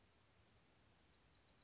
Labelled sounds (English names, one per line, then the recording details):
Bewick's Wren
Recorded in Sonoma County, California